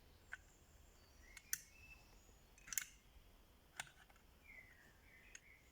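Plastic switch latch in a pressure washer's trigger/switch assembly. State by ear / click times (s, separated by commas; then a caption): not seated / none. A plastic switch latch in the trigger-operated switch assembly of a Kärcher K4 pressure washer is worked by hand, giving sharp plastic clicks and snaps around 1.5 s and 2.7–2.8 s, with fainter ticks near 0.3, 3.8 and 5.4 s. The switch does not latch back on its own and has to be pushed back manually, so nothing has seated or clicked into place yet.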